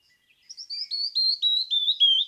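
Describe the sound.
Canyon wren song, a run of smooth whistled notes stepping gradually down in pitch and growing louder, with nothing else audible.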